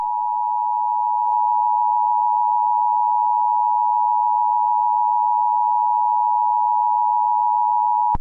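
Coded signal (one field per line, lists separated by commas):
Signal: Emergency Alert System (SAME) tones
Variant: 853 and 960 Hz attention tone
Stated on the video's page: Mock EAS tones for tornado, severe thunderstorm and special marine warnings and a required weekly test.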